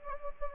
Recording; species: mosquito wingbeat signal from an infrared sensor; Anopheles gambiae